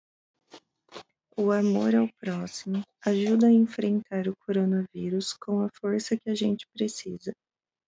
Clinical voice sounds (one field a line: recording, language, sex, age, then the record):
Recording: spoken sentence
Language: Brazilian Portuguese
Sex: female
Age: 30 to 39 years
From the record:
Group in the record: control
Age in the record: 33 years